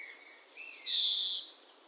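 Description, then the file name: A single European greenfinch wheeze: a rapid rattling start that smooths into a long, buzzy, slightly descending note. "Chloris chloris"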